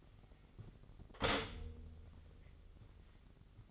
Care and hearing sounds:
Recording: daily activity, microphone in the room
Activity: stop toaster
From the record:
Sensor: 4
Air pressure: 1002.7 hPa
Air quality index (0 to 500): 233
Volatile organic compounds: 16 ppm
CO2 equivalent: 2528 ppm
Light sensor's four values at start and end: 21/73/27/27 and 19/65/24/24

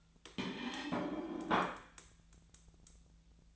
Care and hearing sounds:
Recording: daily activity, microphone in the room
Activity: place plate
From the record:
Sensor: 3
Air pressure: 1009.4 hPa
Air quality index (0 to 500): 198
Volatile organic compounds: 17 ppm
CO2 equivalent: 2572 ppm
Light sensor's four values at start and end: 32/80/34/37 and 33/82/35/37

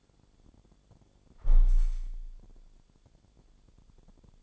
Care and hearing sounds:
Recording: daily activity, microphone in the room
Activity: close window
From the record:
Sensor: 5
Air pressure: 1000.6 hPa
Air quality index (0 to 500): 147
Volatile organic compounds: 2 ppm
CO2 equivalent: 1128 ppm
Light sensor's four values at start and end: 41/98/41/44 and 41/98/41/44

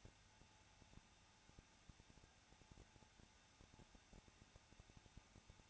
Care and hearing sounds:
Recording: daily activity, microphone in the room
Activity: no activity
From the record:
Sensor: 2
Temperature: 21.0 degrees Celsius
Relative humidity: 34.2%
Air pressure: 994.4 hPa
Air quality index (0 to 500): 171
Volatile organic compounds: 3 ppm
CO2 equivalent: 1331 ppm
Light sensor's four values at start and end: 2/3/2/2 and 2/3/2/2

